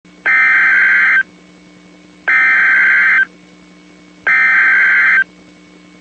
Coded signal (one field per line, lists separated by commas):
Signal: Emergency Alert System (SAME) tones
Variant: header bursts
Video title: NOAA Weather Radio - EAS #836 - Civil Emergency Message - 4/28/14 7:25 PM